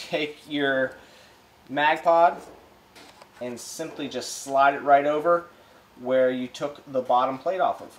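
Someone talks while a monopod baseplate is held at the bottom of a polymer rifle magazine, ready to slide over the spot where the floor plate was removed. A faint, brief handling sound comes at about 3.2 s. The clip ends before the baseplate snaps on, so nothing has seated yet.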